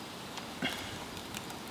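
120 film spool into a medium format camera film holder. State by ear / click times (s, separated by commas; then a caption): not seated / none. A 120 film spool is handled as it is pushed toward its holder in a medium format camera film holder. Faint handling rustles and small taps sit over a steady low hiss, with a brief sharp tick near 1.4 seconds. The spool has not seated or clicked into place yet.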